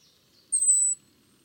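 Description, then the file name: European robin uttering a single very high, drawn-out thin whistle that falls slightly in pitch. "Erithacus rubecula"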